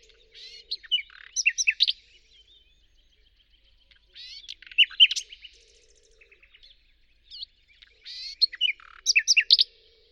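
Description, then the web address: Bird singing three similar complex phrases about four seconds apart, each a quick jumble of high chirps and twittering notes, with soft chatter in the gaps. "Deverinetal 2025. Bird Only"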